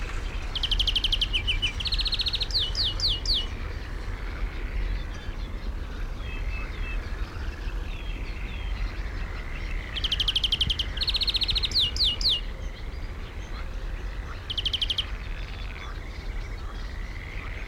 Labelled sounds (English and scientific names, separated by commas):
European Greenfinch (Chloris chloris)